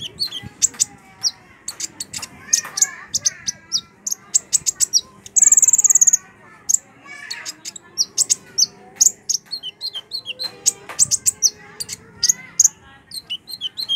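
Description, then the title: Small bird singing rapid high chirps and twitters with a brief buzzy trill near the middle, bursts spaced irregularly throughout. "Burung Kecil"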